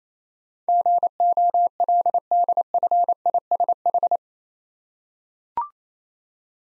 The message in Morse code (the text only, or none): GOLDFISH